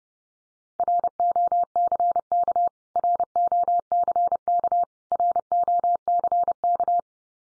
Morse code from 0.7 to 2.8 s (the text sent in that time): ROCK